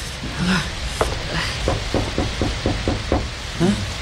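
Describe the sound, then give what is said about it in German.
Someone knocks on a house door that has no doorbell, a run of about eight sharp, hollow raps in a fairly steady rhythm over a low rumbling background, with brief wordless vocal sounds at the start and end. “Klopf doch mal.”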